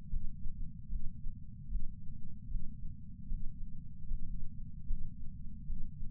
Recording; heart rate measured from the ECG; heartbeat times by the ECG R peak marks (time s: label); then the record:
heart sounds by patch sensor on the chest; 75 bpm
0.09 s: heartbeat
0.88 s: heartbeat
1.68 s: heartbeat
2.47 s: heartbeat
3.27 s: heartbeat
4.06 s: heartbeat
4.86 s: heartbeat
5.65 s: heartbeat
From the record:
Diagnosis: coronary artery disease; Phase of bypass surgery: intraoperative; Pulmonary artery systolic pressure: 16 mmHg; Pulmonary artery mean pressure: 11 mmHg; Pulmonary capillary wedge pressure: 10 mmHg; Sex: female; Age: 58 years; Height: 155 cm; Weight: 55 kg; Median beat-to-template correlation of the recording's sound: 0.75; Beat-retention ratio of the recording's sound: 0.98